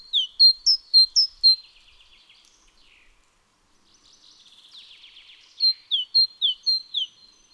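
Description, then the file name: Great tit calls: a burst of sharp high notes, then a stretch of faint buzzy chattering, then another quick series of clear down-slurred and level notes. "Parus major"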